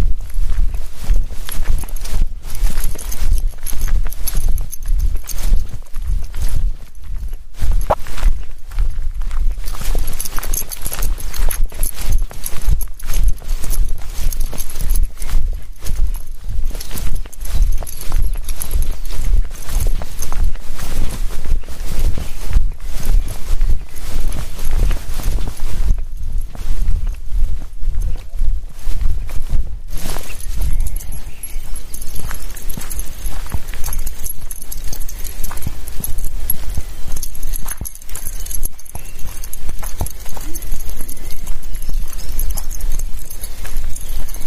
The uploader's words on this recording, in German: Ein Spaziergang im Wald zum ersten Mal aufgenommen mit dem Shure MV88.